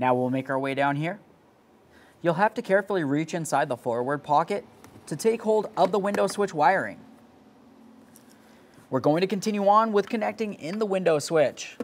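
Someone talks while reaching into the forward pocket of a 2006-2012 Ford Fusion rear door panel to take hold of the window switch wiring connector, before it is aligned and pressed into the power window switch. Two faint, brief handling sounds are heard at about 8.2 s and 8.3 s during a pause in the talk. The connector has not seated or clicked yet.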